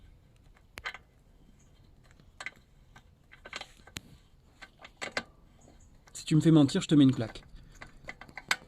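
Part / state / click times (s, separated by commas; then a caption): brake pad retaining screw into motorcycle brake caliper thread / seated / 8.5 s. On a Yamaha MT-07 motorcycle, a metal brake pad retaining screw is pressed into the brake caliper and turned backwards, with scattered small ticks and someone talking, after an earlier screw stripped from being misaligned. At 8.5 s the screw drops into the start of the thread with a sharp click, showing it is lined up correctly.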